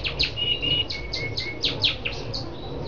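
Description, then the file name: Lancashire canary song: rapid series of high, downslurred chirps repeated several times per second, mixed with brief steady whistled tones, over a low background hum. "canto do canario lancashire"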